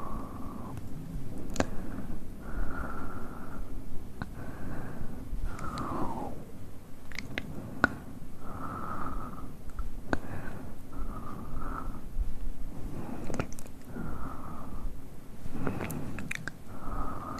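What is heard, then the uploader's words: Mouth sounds and hand movements form a steady low rustle, with frequent soft clicks and short wet smacks scattered throughout, sometimes in quick bursts. ASMR Tingly Mouth Sounds & Hand Movements.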